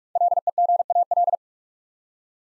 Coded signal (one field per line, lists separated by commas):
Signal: Morse code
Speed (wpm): 44 wpm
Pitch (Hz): 700 Hz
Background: none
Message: LEGAL